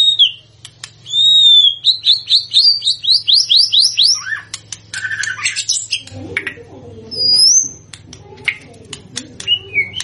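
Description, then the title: White-rumped shama song: a clear whistle followed by a fast series of repeated rising whistled notes, then scattered clicks, a buzzy phrase and a high slurred whistle. Used as a lure recording to make shamas respond; described as gacor, meaning singing vigorously and continuously. "PANCINGAN MEWAH MURAI BATU GACOR, SEKALI DENGAR AMPUH LANGSUNG RESPON"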